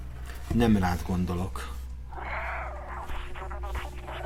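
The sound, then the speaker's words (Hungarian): A cat gives two short, rising meows in quick succession, followed by a softer, fluttering murmur of sound that continues at a steady, moderate level. “Hát nagyon ügyes ez a cica.”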